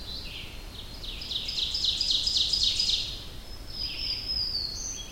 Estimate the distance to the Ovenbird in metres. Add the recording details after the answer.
about 25 m. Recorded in boreal forest in Alberta, Canada, on 25 June 2016 at 06:37. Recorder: SongMeter 3, array SBT-6-76. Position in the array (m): 35 m, 104 m. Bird 2